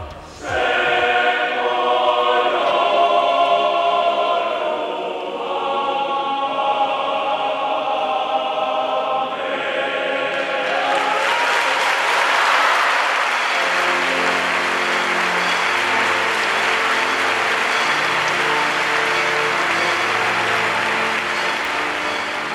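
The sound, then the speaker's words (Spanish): A large crowd in Elche erupts into loud, continuous cheering and applause at the coronation of the Virgen de la Asunción during the town's festival. Sustained tonal music rings out first, then a dense wash of clapping and shouting takes over and continues to the end. “Esta fue la explosión del pueblo ilicitano emocionado”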